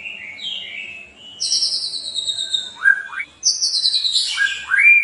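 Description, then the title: White-rumped shama song: rich whistled phrases, long high notes sliding downward, and quick rising upslurs, delivered in a varied, unhurried sequence. Meant to make the bird sing vigorously and respond at once. "PANCINGAN MURAI BATU GACOR"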